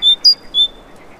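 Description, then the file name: Great tit giving a brief phrase of three pure whistled notes: a lower note, a higher one, then the lower note again. "Parus major"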